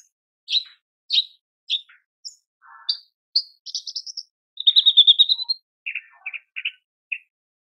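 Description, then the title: Horsfield's bush lark song: spaced sharp chirps, then a fast buzzy trill, ending with a series of lower downslurred notes. Masteran tutor recording for training caged birds; described as super gacor, singing persistently. "MASTERAN AMPUH KICAUAN BRANJANGAN SUPER GACOR"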